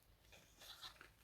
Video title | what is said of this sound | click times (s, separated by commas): ✨️ MEGA HAUL TEMU: J'AI CLAIREMENT CRAQUÉ 💶💶🛍 | comme ceci voilà c'est clipsé | 1.0 s